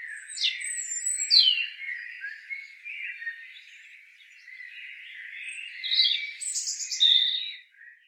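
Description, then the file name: European robin delivering tinkling high whistles and twittery runs, one phrase early and a richer one near the end, over a steady wash of background bird chorus. "Erithacus rubecula"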